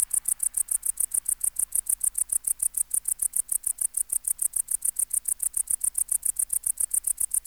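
Tettigonia hispanica bush-cricket producing an unbroken, fast train of shrill ticking pulses, steady in rhythm and loudness, over a faint low drone.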